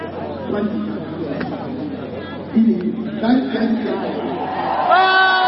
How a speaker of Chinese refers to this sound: 报告大家，现在大家听到的欢呼，蔡英文的票数已经来到了600万，602万。